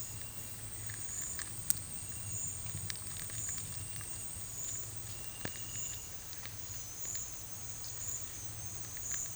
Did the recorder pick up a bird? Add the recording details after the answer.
no. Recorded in dense forest near Puerto Asís, Putumayo, Colombia, on 19 March 2025 at 11:00. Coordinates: 0.484, -76.317. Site G064